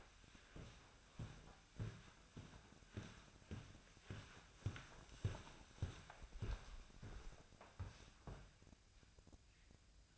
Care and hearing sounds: daily activity, microphone in the room; walk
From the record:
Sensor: 2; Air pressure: 1009.1 hPa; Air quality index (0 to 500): 181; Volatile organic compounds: 3 ppm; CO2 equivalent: 1320 ppm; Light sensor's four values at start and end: 49/125/54/59 and 48/125/54/59

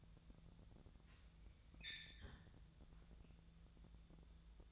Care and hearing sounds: daily activity, microphone in the room; close fridge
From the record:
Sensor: 3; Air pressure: 1000.0 hPa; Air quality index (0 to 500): 132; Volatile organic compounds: 2 ppm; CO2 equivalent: 1178 ppm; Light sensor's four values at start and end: 42/106/45/49 and 42/106/45/49

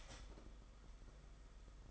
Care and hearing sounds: daily activity, microphone in the room; start toaster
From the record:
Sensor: 5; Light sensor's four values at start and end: 33/109/41/43 and 33/109/41/43

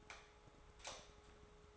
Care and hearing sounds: daily activity, microphone in the room; light off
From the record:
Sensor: 3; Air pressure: 1010.2 hPa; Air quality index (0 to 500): 166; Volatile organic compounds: 9 ppm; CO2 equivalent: 2168 ppm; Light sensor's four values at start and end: 52/128/56/62 and 50/123/54/60

